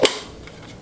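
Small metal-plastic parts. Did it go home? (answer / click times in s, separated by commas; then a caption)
no / none. A base plate is slid onto an AR magazine body while the spring's retainer is held down under the tabs. A sharp, bright snap at about 0.1 s is followed by faint sliding and handling noise, with another brief onset right at the end. The plate has not been pushed home yet, so nothing has seated or clicked yet.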